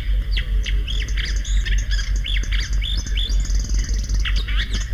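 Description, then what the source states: Marsh Warbler song: rapid, varied run of chirps, rising and falling whistles and buzzy notes, with a steady low pulsing hum underneath. Settles in hedges and willow thickets; its simple song is decorated with fragments borrowed from other birds.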